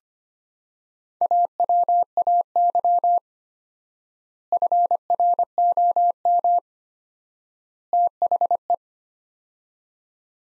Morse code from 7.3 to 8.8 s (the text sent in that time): THE